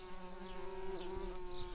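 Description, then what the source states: Tree bumblebee buzzing: a steady, low, droning hum with rich overtones, unbroken throughout and wavering slightly in loudness. Worker bees.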